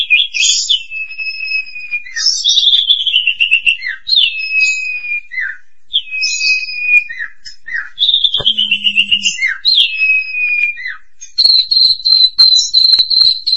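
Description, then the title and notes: Starling song mixing clear descending whistles, brief squeaky notes and short rattles, ending in a run of rapid high chattering. "suara burung jalak"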